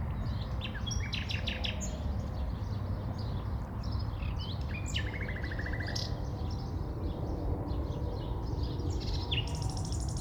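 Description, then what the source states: Birds giving short high chirps and a few brief trilled phrases, set against steady road traffic drone throughout. City park ambience in spring, with cars heard alongside the birds.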